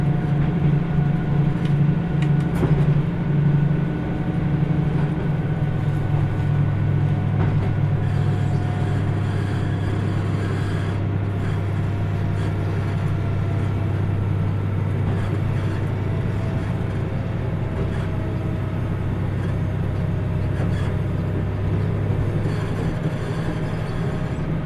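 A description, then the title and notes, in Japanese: Onboard the Kyushu Odan limited express on the Hōhi Line, a steady low engine drone hums throughout, its pitch shifting slightly near five seconds. 豊肥本線 九州横断特急3号 立野→宮地。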